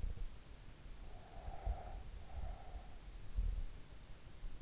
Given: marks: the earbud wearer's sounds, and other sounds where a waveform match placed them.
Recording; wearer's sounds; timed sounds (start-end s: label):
sounds in sleep by an in-ear microphone; breath
1.07-3.09 s: breath